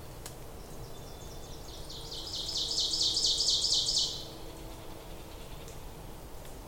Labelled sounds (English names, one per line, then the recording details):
Ovenbird song
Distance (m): 25 m
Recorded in boreal forest in Alberta, Canada, on 26 May 2016 at 07:01
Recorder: SongMeter 3, array SBT-3-15
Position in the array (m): 41 m, 279 m
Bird 20